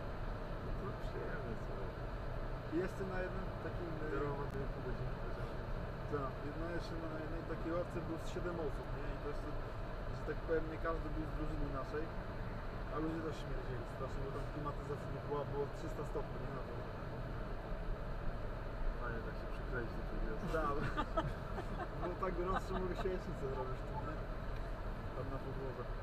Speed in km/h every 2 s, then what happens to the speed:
60, 59, 59, 60, 60, 60, 60, 59, 59, 59, 59, 59, 57.
0-26 steady at about 59.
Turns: none.